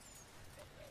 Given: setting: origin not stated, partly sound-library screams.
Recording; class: one-second piece from a danger detection set; normal situation